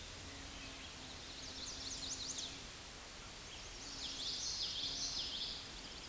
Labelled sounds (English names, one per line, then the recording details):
Common Yellowthroat song
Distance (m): 30 m
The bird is about 5 m below the microphone
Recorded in a Pennsylvania forest on 16 May 2024 at 09:55
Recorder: AudioMoth, point MSD-2453
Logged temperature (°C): 16.3 °C
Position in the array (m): 235 m, 178 m